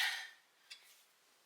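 A torque wrench tightens a drain plug bolt on a golf cart rear differential housing until it gives a single sharp click at 0.7 s, confirming the bolt is torqued. Before the click, a bright, hissy burst of high-frequency noise fades away, and after it the clip goes quiet.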